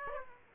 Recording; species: mosquito wingbeat signal from an infrared sensor; Aedes aegypti